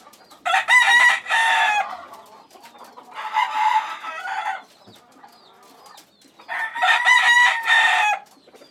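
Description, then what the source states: Chicken crowing: three long, harsh, strained crows about three seconds apart, with quiet pauses between. Chickens in a coop.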